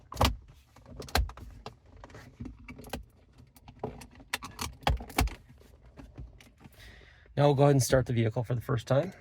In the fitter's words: snap the panel in place.